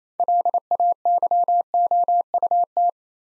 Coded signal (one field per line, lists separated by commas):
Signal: Morse code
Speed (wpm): 28 wpm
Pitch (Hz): 700 Hz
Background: none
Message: LAYOUT